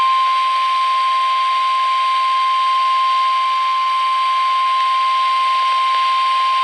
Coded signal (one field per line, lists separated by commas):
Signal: Emergency Alert System (SAME) tones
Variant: 1050 Hz attention tone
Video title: Severe Thunderstorm Warning (EAS #2,082-2,083) - May 1, 2019